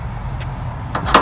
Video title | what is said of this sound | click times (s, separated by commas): Wamrods hood strut kit (99-06 Chevy Truck/SUV) | it just shuts your snap in place just like that and | 0.9 s, 1.1 s